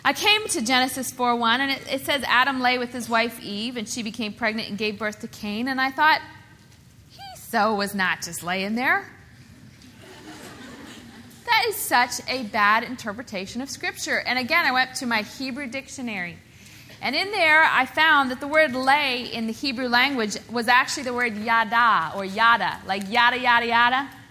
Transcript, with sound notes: I came to Genesis 4:1, and it says, “Adam lay with his wife Eve, and she became pregnant and gave birth to Cain.” I thought, “He’s so was not just lying there.” (laughter) That is such a bad interpretation of Scripture. Again, I went to my Hebrew dictionary, and in there I found that the word lay in the Hebrew language was actually the word ya-dá—like ya-da, ya-da, ya-da.